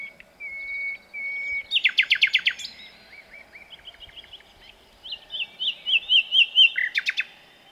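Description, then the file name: Common nightingale song beginning with pure drawn-out whistles, then a fast rattling burst, soft twittering notes, a series of clear notes, and a closing rapid rattle. "Luscinia megarhynchos"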